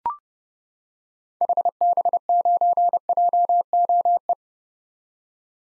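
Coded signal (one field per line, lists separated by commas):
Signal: Morse code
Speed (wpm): 30 wpm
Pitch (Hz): 700 Hz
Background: none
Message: HB9JOE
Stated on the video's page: Most common early-2023 SOTA activator call signs sent at 30 wpm for head-copy drill, each sent, spoken, then sent again.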